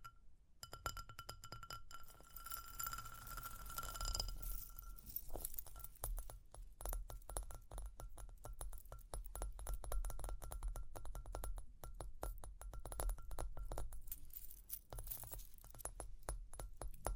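Tapping and scratching mix with jingling, glassy clinks in a dense, continuous stream of fast, irregular clicks and rustles. Bright ringing tones stand out during the first four seconds, then fade into busier scratching with a steady low rumble underneath.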